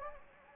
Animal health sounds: mosquito wingbeat signal from an infrared sensor; Anopheles gambiae

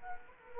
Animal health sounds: mosquito wingbeat signal from an infrared sensor; Culex quinquefasciatus

